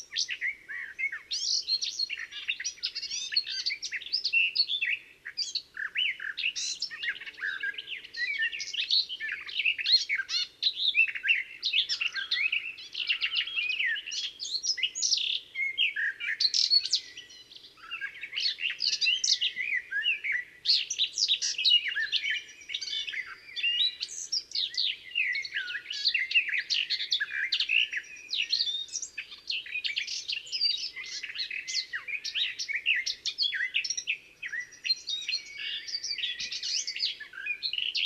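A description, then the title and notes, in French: A garden warbler sings a long, rapid, bubbling stream of warbled notes, continuous for the whole clip with only brief pauses. The song sits high and bright. A faint low hum runs underneath. La Fauvette des jardins. Fauvette des jardins (Sylvia borin).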